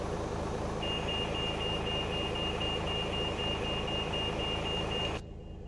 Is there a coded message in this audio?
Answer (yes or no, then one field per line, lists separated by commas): no